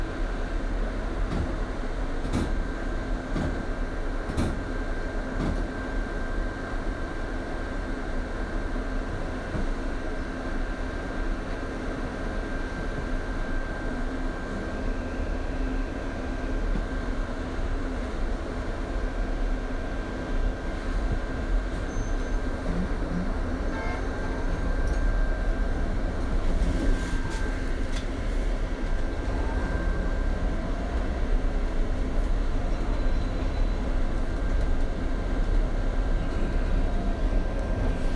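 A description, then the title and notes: A field recording from a visit to a sound installation: a steady, dense low rumble like passing traffic or a train hums throughout, with a faint held tone above it. Scattered sharp clicks stand out early on and again around the 27-second mark. A field recording of a visit to experience the sound piece 'Window Pain' by Colin Siyuan Chinnery, installed at Tattoo Parlour space in Beijing.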